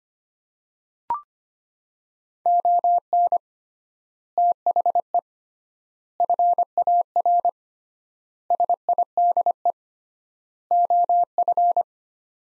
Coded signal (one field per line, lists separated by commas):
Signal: Morse code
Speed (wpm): 25 wpm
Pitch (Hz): 700 Hz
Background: none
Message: ON THE FAR SIDE OF